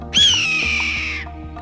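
Red-tailed Hawk giving a single harsh, hoarse scream that slowly slides downward over about a second.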